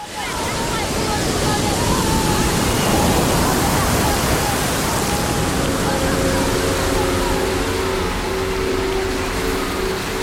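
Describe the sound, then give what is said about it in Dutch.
Steady, loud rush of Atlantic Ocean surf breaking on a beach in Dakar, Senegal, with the droning hum of the motors of small wooden fishing boats rising in partway through and holding a steady pitch under the waves. “Overal op de stranden van Dakar hoor je de motoren van kleine houten vissersboten.”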